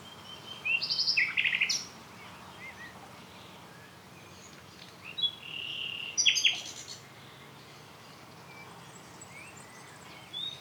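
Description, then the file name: Common nightingale song: a burst of rapid repeated notes and trills, then a longer varied phrase with a buzzy rattle several seconds later, quiet hiss between phrases. "Luscinia megarhynchos"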